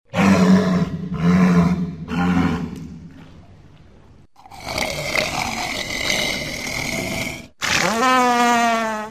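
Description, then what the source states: Pacific walrus bellowing: three deep, harmonic grunting roars in the first seconds, then a harsher, noisy roar and a rising, wavering cry at the end. Pacific walrus at Walrus Island State Game Sanctuary, Bristol Bay, about 65 miles southwest of Dillingham, one of the largest terrestrial haulout sites.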